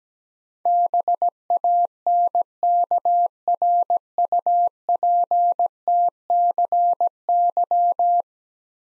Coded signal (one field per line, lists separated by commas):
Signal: Morse code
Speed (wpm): 17 wpm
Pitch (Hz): 700 Hz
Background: none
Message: BANKRUPTCY